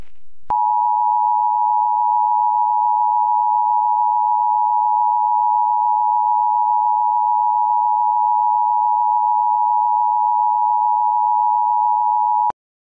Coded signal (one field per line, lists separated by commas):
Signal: Emergency Alert System (SAME) tones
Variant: 853 and 960 Hz attention tone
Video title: EAS - JUDGEMENT WARNING!!!!